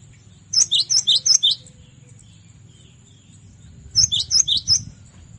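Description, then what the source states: Cinereous tit song: two short runs of clear, high two-note phrases, about three each, separated by a pause, over low background rumble. Masteran tutoring recording used to train caged birds to sing.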